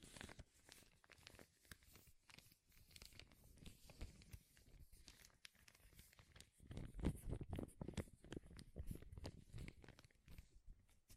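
Dense crinkling runs throughout, a busy stream of sharp crackles and rustles with no pauses. Around seven seconds it grows louder and rougher, with heavier, tearing crunches, then eases back toward the end.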